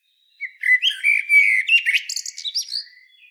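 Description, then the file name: A single unbroken Eurasian blackbird song phrase lasting about three seconds: fluty, mellow warbling that turns into a jumble of higher twittering and squeaks. "Turdus merula"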